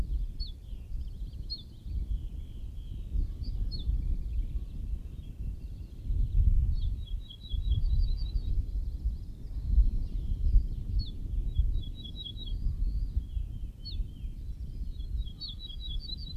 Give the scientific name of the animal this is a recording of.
Emberiza hortulana